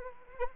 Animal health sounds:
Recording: mosquito wingbeat signal from an infrared sensor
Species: Anopheles arabiensis

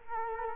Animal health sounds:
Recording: mosquito wingbeat signal from an infrared sensor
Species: Culex quinquefasciatus

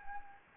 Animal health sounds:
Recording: mosquito wingbeat signal from an infrared sensor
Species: Anopheles gambiae

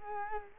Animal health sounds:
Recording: mosquito wingbeat signal from an infrared sensor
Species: Culex quinquefasciatus

